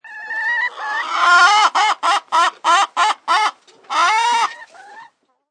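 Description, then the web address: Chicken squawking loudly: harsh, raspy cackles in a rapid burst of about seven calls, then one longer squawk and a softer trailing cluck. "SFXSource AOS Chickens Squawk"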